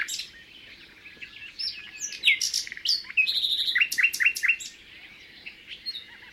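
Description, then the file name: Common nightingale sings a fast jumble of whistles and clicks, then a run of repeated rising notes. "Luscinia megarhynchos"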